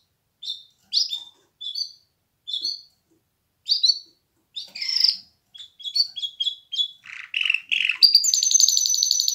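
Canary chirps given singly with short gaps, speeding into a jumble of notes and ending in a loud high rapid trill.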